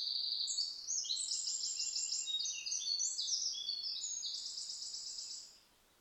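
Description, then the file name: Eurasian wren song, a rapid and very high run of shrill notes and rattling trills running through most before fading out, with steady background hiss. "Troglodytes troglodytes"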